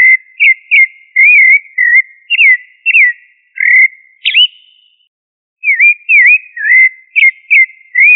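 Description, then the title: Thrush singing a run of rich whistled notes, some looping up and down, one sharp upward flourish, a short silence, then more warbled phrases. Sabiá, family Turdidae. "Familia Turdidae - Sabia"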